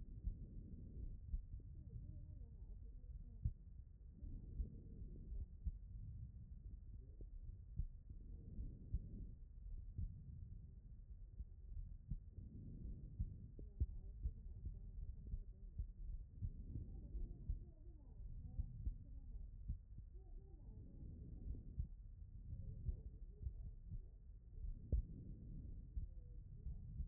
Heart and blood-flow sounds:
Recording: heart sounds by stethoscope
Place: pulmonary valve (PV)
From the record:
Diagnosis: non-HFrEF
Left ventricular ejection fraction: 74%

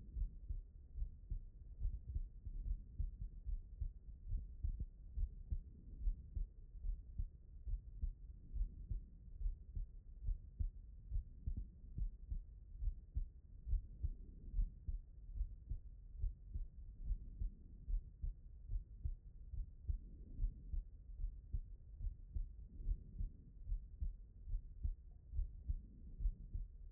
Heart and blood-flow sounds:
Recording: heart sounds by stethoscope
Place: pulmonary valve (PV)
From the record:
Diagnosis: non-HFrEF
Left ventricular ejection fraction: 65%

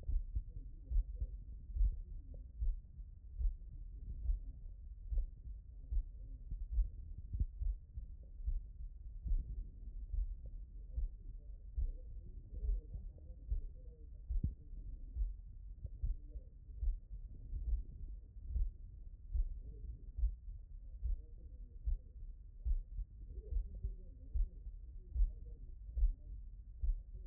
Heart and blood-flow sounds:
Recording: heart sounds by stethoscope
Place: tricuspid valve (TV)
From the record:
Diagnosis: non-HFrEF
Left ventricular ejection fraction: 42%

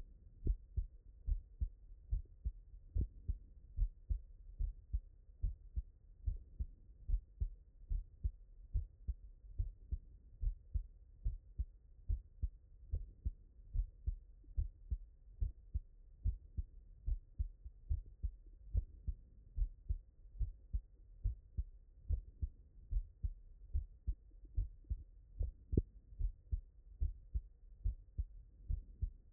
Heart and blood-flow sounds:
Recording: heart sounds by stethoscope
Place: tricuspid valve (TV)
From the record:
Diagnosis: non-HFrEF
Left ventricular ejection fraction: 69%

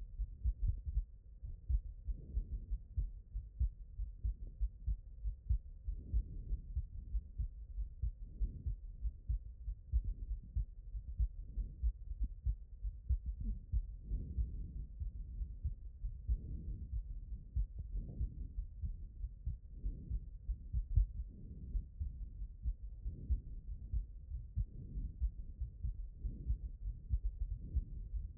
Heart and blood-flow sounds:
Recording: heart sounds by stethoscope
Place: pulmonary valve (PV)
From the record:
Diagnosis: HFrEF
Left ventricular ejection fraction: 27%

